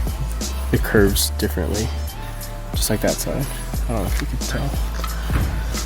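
A trunk light housing is handled at its opening in a car's plastic rear trim panel while someone talks over background music. Nothing has seated or clicked yet.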